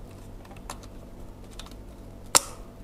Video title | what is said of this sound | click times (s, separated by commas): RAKIT PC KENTANG GORENG-- Kaum Sultan Jangan di Contoh.. | otomatis sudah terkunci dengan baik | 0.7 s, 1.6 s, 2.4 s, 2.8 s